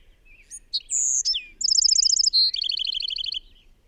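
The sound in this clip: Bird sings a single phrase of sharp notes, a long bright whistle and rapid rattling trills that step lower toward the end.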